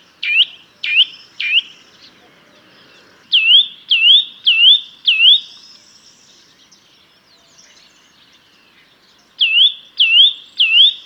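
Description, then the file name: Eurasian nuthatch calls: loud sharp 'twit' notes with a dipping then rising shape, in groups of three, four and three separated by quiet gaps. "Sitta europaea"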